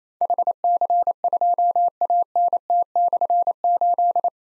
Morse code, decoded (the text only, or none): HC2ANT/8